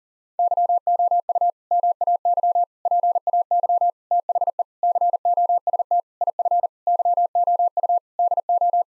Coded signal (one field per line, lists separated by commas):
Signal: Morse code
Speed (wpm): 40 wpm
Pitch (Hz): 700 Hz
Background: none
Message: YOU MAY PAY THE COST IF YOU DO